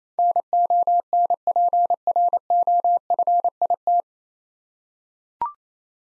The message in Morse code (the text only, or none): NONPROFIT